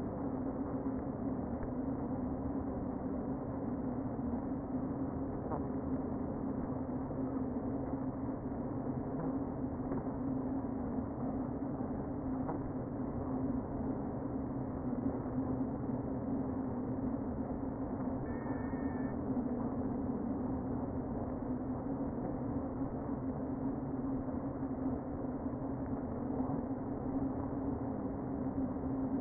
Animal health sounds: honeybee colony, microphone inside the hive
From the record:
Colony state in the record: queen present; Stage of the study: before two queens were removed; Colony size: about 60,000 bees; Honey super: yes

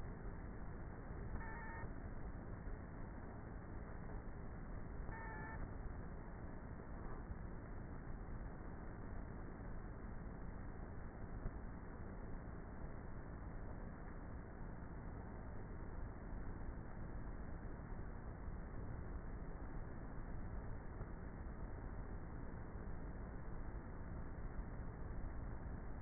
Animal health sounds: honeybee colony, microphone inside the hive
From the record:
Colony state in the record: queenless with a low population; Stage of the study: before two queens were removed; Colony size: about 30,000 bees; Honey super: no

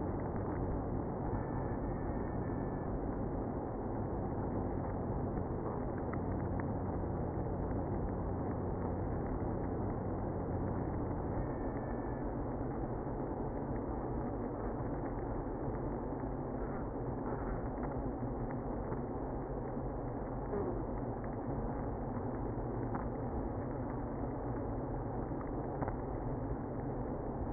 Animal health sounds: honeybee colony, microphone inside the hive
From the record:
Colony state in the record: queenless (queen removed); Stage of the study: after two queens were removed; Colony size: about 60,000 bees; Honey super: yes

